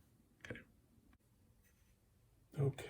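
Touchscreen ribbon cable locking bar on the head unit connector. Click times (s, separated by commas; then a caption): 0.5 s. On a 2011 Prius radio/navigation head unit, the flip-up locking bar on the ribbon cable connector is pushed back down to clamp the touchscreen ribbon cable, giving a quick double click at about 0.5 s. The bar locks the cable into place, and someone talks briefly afterward.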